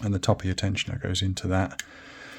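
The top of a lock pick tensioner is guided toward one of the three cutouts in the back of an APEX Fully Loaded pick case from Covert Instruments while someone talks. The tensioner is only being handled and has not snapped into place yet. The speech stops at about 1.8 seconds and low, quiet background noise follows.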